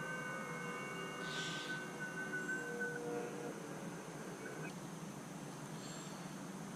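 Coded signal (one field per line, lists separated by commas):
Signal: FT8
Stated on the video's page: FT8 from a POTA activation using a repaired linked dipole.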